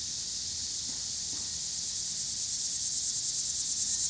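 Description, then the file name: Cicada chorus as a continuous shrill hiss, slightly pulsing and swelling toward the end, over faint low road noise. Pittsburgh, Pennsylvania; 26 August 2023; recorded alongside car traffic. "cicadas and cars Pittsburgh PA"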